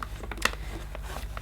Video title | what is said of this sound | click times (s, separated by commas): Vintage 1980's Electrolux Electronic 612 Upright Vacuum Cleaner Unboxing & Demo | it forward that's right that's clicked into place | 0.5 s